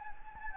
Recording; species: mosquito wingbeat signal from an infrared sensor; Anopheles gambiae